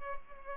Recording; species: mosquito wingbeat signal from an infrared sensor; Culex pipiens